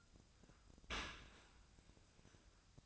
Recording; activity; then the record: daily activity, microphone in the room; open dishwasher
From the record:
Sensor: 2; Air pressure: 1002.9 hPa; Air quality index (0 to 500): 197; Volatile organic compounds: 6 ppm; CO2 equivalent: 1873 ppm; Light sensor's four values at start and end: 16/39/17/18 and 16/39/17/18